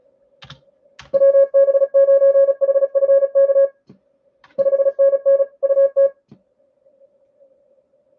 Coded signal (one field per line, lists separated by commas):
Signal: Morse code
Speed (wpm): 37 wpm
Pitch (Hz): 550 Hz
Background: none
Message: WB9HFK 5NN UT